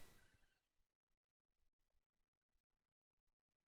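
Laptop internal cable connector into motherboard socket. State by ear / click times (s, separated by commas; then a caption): not seated / none. A laptop's flat ribbon cable connector is handled and pressed gently down toward its socket on the motherboard. Only a brief noisy burst at the start and faint, scattered handling sounds are heard. Nothing has seated or clicked yet.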